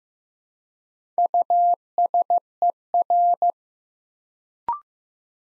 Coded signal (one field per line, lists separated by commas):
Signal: Morse code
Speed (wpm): 15 wpm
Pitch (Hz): 700 Hz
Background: none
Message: USER